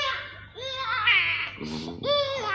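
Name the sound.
baby crying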